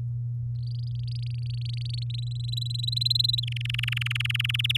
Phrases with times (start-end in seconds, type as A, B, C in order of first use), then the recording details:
0.55-2.04 A, 2.10-3.40 B, 3.43-4.77 C. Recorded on 10 May 2018 at 05:43. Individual llb16